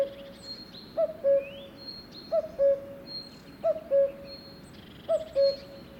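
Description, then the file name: Cuckoo repeating its hollow descending cu-coo roughly every 1.3 seconds, while other birds add high thin whistles and a rising note. "minutes of cuckoos"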